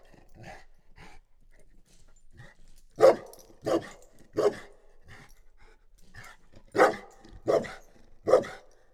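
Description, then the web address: Dog barks repeatedly, six loud, harsh barks at uneven intervals, mixed with quieter short yelps and breaths. Chained dog at the end of its chain, outdoors at the Oktáva tourist house near Eger, Hungary, dated 01-28. "allathangok termeszetben kutya lancvegencsahol octava egerturistahaz 01 28"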